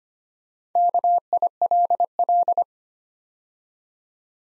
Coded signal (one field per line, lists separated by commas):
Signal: Morse code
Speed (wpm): 25 wpm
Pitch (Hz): 700 Hz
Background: none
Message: KILL